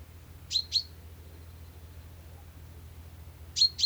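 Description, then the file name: Common chaffinch calling with sharp, bright 'pink' notes given in pairs, one pair at the start and another about three seconds later, with quiet background between. "Fringilla coelebs"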